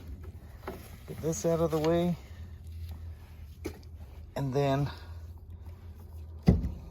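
A part of a fuel sensor assembly is handled at a fuel filter housing, where it is meant to fit in and lock flush, over a steady low hum while someone talks in two short bursts. Faint taps and knocks come from the handling, with a sharper knock near the end. The clip ends before the part goes home, and nothing has seated or clicked yet.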